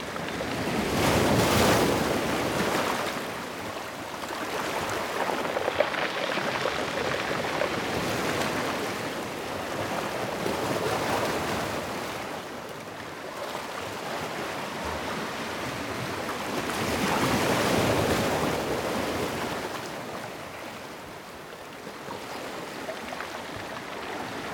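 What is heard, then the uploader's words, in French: Sea waves roll in and wash out in slow swells, peaking near two and eighteen seconds, with steady wind rushing over the water throughout. Islande.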